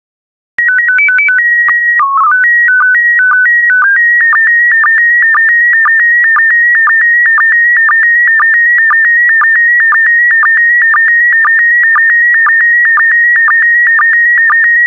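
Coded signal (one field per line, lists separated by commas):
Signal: SSTV (slow-scan television)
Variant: PD 120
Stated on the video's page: SSTV images sent in PD120 mode, made as daily decoding practice.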